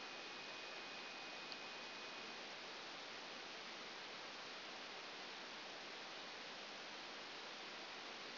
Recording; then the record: brain microelectrode recording played as sound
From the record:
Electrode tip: outside the subthalamic nucleus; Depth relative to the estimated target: -6 mm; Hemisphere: left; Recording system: AlphaMap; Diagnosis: Parkinson's disease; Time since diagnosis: 11 years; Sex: female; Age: 60 years